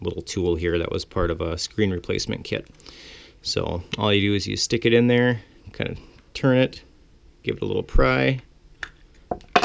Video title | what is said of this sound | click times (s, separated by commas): How-To: Replace Car Key Fob Battery - 2012 Dodge Journey | and hear it pop open | 9.6 s